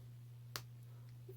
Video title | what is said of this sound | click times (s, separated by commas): Super Clodbuster Build | push it in until it pops | 0.6 s